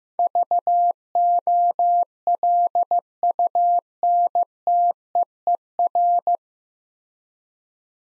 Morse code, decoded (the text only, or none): VOLUNTEER